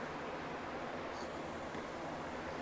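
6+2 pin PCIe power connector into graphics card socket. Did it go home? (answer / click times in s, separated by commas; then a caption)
no / none. A 6+2 pin PCIe power connector is being worked into position with two hands at a graphics card socket, producing steady low rustling and handling noise with no sharp hits. Nothing has seated or clicked yet.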